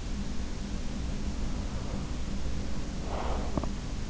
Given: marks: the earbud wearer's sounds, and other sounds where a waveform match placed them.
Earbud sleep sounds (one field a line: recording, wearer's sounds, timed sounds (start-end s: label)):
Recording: sounds in sleep by an in-ear microphone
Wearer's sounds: breath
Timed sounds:
1.34-4.01 s: breath